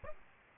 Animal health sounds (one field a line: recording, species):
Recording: mosquito wingbeat signal from an infrared sensor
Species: Aedes albopictus